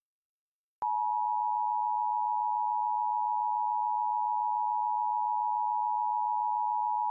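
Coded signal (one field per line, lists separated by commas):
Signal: Emergency Alert System (SAME) tones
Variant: 853 and 960 Hz attention tone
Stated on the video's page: Mock EAS alert, a fan-made simulation rather than a real broadcast.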